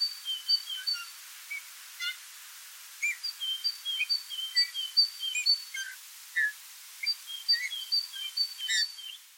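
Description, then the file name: Eurasian bullfinch calls: short whistled notes and soft downslurred piping, scattered irregularly throughout alongside thin high tonal chirps, over a faint steady background hiss. "Pyrrhula pyrrhula"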